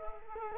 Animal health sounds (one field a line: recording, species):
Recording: mosquito wingbeat signal from an infrared sensor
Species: Culex quinquefasciatus